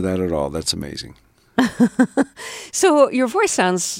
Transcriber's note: laughter